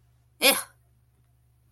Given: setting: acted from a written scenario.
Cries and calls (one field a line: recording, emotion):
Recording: vocal sound without words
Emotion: disgust